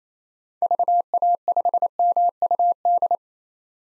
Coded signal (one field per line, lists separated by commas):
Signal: Morse code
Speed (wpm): 28 wpm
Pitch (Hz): 700 Hz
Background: none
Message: VA5MUD